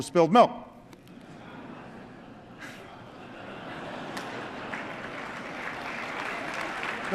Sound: laughter and applause

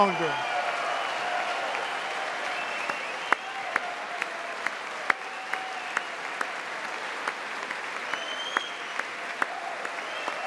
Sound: applause

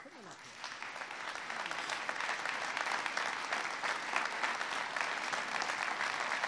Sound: applause

